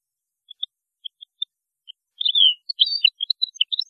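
European goldfinch song: a few spaced single chirps, then a rapid liquid twitter of buzzy, slurred and tinkling notes filling the last two seconds.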